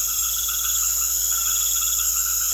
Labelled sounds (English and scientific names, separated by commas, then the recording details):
none
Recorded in secondary vegetation near Puerto Asís, Putumayo, Colombia, on 4 March 2025 at 19:00
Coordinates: 0.500, -76.326
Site GP04